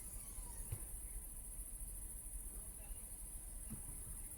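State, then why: Not seated. A 2024 Clio 5's boot lid is handled against its body latch during an exterior check, being opened and then closed to make sure it is locked. A steady, high insect-like hiss runs throughout, with faint low knocks around 0.7 s and 3.7 s. Nothing has seated or clicked yet.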